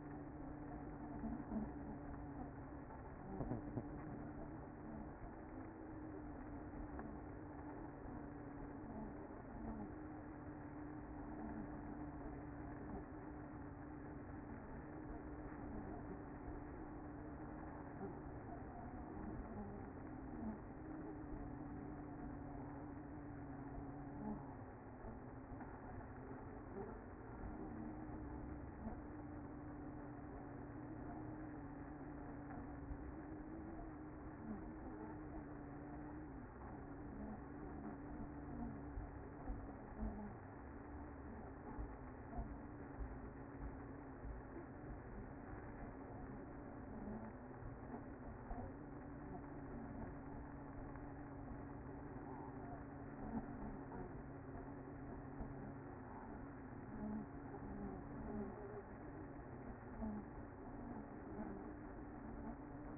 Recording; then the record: honeybee colony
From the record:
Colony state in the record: active